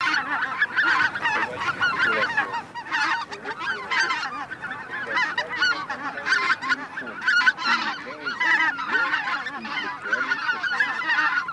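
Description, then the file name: Greater white-fronted goose: greater white-fronted geese in a dense flock, many overlapping honking and yelping calls running together in continuous excited chatter throughout. Flock chatter; decoy lure recording, Russia. "Белолобый базар"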